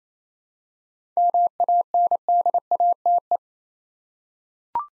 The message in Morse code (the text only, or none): MANDATE